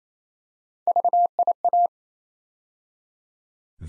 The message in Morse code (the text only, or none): VIA